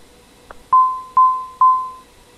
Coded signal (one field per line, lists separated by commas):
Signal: none